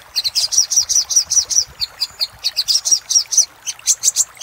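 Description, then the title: Little spiderhunter song: steady series of shrill, slightly buzzy chip notes with one brief pause midway. Master song for training cage birds; labaik variant. "Masteran Burung Sogok Ontong Labaik"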